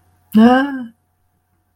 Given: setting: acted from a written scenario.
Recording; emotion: vocal sound without words; distress